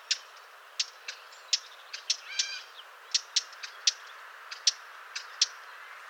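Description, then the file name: Eurasian blackcap calling with dry, clicking tacks in an uneven run, interrupted once by a short, buzzy, harmonic note. "Sylvia atricapilla"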